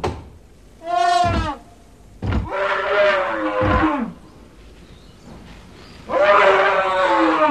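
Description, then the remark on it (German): An animal named Magnum, let out of a wagon, trumpets angrily as it stamps toward a woman, in three loud, brassy blasts: a short first call, then two longer, rough and rasping ones separated by brief pauses, with no one speaking. “Er trompetete wütend und stampfte auf sie zu, unaufhaltsam, erbarmungslos.”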